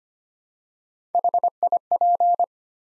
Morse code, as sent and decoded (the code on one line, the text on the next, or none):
.... .. .--.
HIP